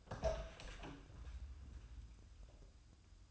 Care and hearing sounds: daily activity, microphone in the room; open door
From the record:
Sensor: 2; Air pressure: 1004.8 hPa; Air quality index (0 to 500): 74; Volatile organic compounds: 1 ppm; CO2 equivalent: 880 ppm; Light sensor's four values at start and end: 7/17/7/7 and 7/17/7/7

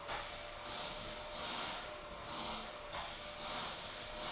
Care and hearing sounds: daily activity, microphone in the room; vacuum cleaning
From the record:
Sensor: 5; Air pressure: 1010.3 hPa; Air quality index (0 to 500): 120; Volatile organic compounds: 2 ppm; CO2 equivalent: 1180 ppm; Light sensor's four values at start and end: 477/1217/504/561 and 478/1219/505/562

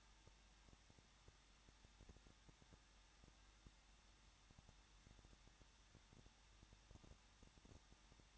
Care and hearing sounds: daily activity, microphone in the room; no activity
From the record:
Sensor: 3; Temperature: 21.3 degrees Celsius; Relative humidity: 36.2%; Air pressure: 1006.5 hPa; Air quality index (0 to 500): 220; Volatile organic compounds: 39 ppm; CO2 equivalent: 3132 ppm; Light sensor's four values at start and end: 2/3/2/2 and 2/3/2/2

